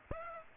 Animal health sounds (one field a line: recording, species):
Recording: mosquito wingbeat signal from an infrared sensor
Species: Aedes aegypti